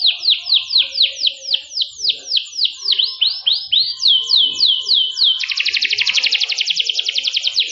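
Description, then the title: Canary song of repeated descending swept notes, about four per second, a brief pure held note, then switching to a rapid dense buzzing trill. Canary singing a long cengkok song in a fine, special style. "Cengkok Kenari Mewah. Kenari mewah durasi panjang. Cengkok enak gaya istimewa"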